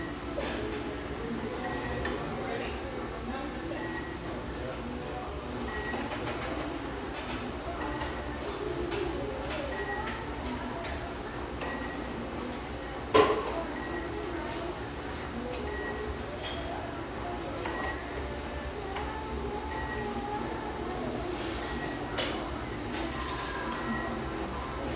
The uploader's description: lively ambience from this rustic, bayside coffeeshop